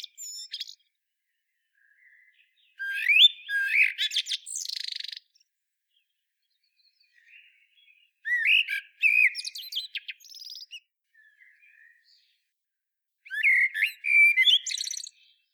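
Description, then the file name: Common blackbird singing mellow whistled phrases that break into squeaky, scratchy high notes, three main phrases separated by silent gaps. "Turdus merula"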